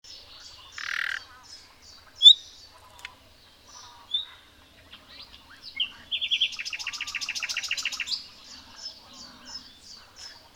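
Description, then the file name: Common nightingale singing a varied phrase of thin whistles and short chirps, then a fast, loud rattling trill of repeated notes before softer chips. "Luscinia megarhynchos"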